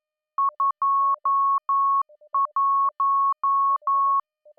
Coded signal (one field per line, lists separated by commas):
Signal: Morse code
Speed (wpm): 11 wpm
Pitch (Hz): 1100 Hz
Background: none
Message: 21